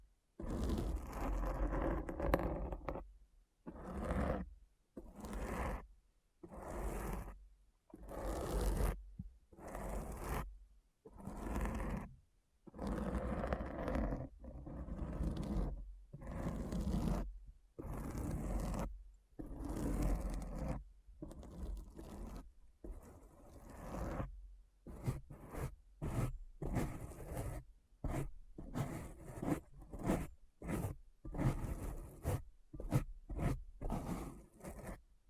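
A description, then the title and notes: Deep, rough scratching strokes repeat in steady bursts about once a second, with short silent gaps, turning quicker and shorter after twenty-five seconds. ASMR Deep Brain Scratch (No Talking).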